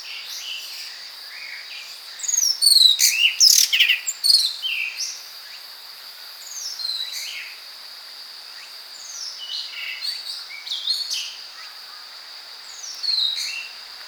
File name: Blue Rock Thrush Monticola solitarius